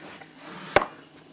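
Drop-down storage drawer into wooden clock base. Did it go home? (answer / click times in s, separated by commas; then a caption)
yes / 0.8 s. A drop-down storage drawer is pushed back up into a wooden clock base. A single sharp wooden knock at 0.8 s marks the drawer locking in place on both sides, followed by a brief soft rattle and quiet background. The drawer is seated and locked at the top.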